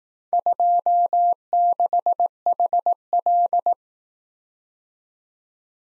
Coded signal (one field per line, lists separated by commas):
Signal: Morse code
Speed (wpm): 18 wpm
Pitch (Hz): 700 Hz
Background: none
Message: 26HL